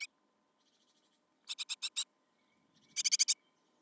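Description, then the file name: Great Tit chattering calls: two rapid, rasping bursts of about five harsh notes each, separated by a pause of about a second. "Parus major"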